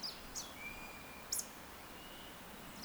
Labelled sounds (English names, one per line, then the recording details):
Eurasian Woodcock whistle
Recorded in Baden-Württemberg, Germany, on 10 June 2021 at 19:52 UTC
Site 43323, 910 m above sea level